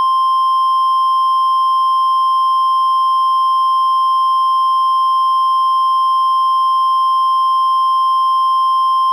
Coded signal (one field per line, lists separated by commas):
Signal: Emergency Alert System (SAME) tones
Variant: 1050 Hz attention tone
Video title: Florida Tornado EAS SCENARIO | DISNEY IN DANGER| Pt 1